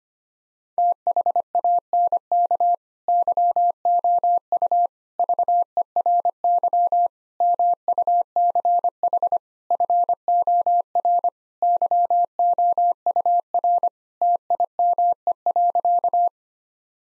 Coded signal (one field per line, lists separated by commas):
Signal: Morse code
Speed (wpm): 25 wpm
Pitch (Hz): 700 Hz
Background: none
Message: THANK YOU VERY MUCH FOR YOUR TIME.